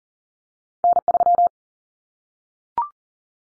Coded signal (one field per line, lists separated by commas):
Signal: Morse code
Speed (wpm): 40 wpm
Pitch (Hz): 700 Hz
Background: none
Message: N3